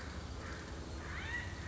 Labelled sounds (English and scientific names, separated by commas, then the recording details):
California Quail (Callipepla californica)
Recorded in Sonoma County, California